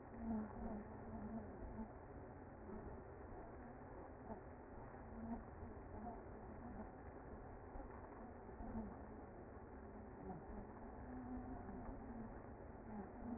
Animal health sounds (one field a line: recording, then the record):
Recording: honeybee colony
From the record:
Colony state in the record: active